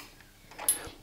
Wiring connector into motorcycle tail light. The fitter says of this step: that tab has just clicked and it's now moved back over to the right so